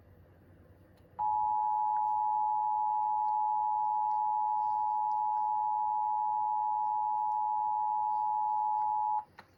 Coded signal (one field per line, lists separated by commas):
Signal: Emergency Alert System (SAME) tones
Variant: 853 and 960 Hz attention tone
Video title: 2023 (NPT) National periodic test of the Primary Emergency alert system -rare!-